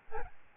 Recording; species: mosquito wingbeat signal from an infrared sensor; Aedes albopictus